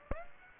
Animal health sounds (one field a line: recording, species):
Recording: mosquito wingbeat signal from an infrared sensor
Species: Aedes aegypti